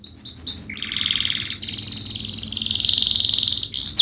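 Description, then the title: Domestic canary song: a few high downslurred notes, then a lower buzzy roll and a long bright, rapid trill, ending in a sharp note. Lively singing canary with the best melodic twists (cengkok) and rich fill-in phrases (isian). "Kenari Gacor Cengkok Terbaik Isian Paling Mewah Kenarigacor Kicaumania Kenari"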